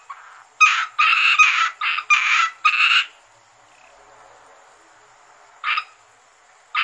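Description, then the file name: Asian grass frog calls: a burst of rapid harsh croaks, then silence and two single croaks later. "rana limnocharis yannick dauby gruenrekorder"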